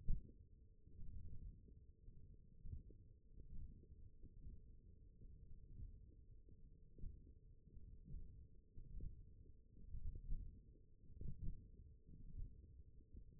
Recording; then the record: forearm muscle sounds (acoustic myography)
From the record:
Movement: finger pinch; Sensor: system 1, eight BSWA MPA416 microphones around the upper forearm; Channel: 1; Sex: male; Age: 21 years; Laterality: right